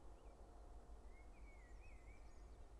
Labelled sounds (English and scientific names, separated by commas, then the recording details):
Common Blackbird (Turdus merula)
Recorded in Germany
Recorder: ecoPi